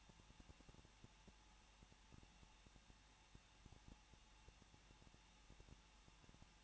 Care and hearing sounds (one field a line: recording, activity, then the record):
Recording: daily activity, microphone in the room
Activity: no activity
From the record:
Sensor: 1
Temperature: 20.1 degrees Celsius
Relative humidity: 39.0%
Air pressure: 1006.5 hPa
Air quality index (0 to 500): 216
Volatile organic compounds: 71 ppm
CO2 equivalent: 3532 ppm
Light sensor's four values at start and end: 1/2/1/1 and 1/2/1/1